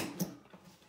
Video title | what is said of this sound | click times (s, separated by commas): Repairing a broken toilet paper holder - @TheReelTBELL - Man Training in Action | heard the snap so now | 0.2 s